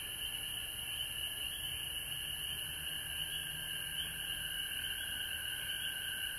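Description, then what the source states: Frog chorus forming a steady trill layered with a lower continuous tone, both unchanging for the whole stretch. Frogs recorded at home in Georgia on March 19, 2020.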